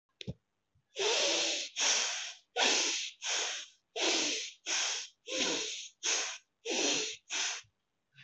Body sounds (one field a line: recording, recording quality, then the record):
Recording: shallow breathing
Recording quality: excellent, no background noise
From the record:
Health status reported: healthy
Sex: male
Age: 21 years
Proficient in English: yes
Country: India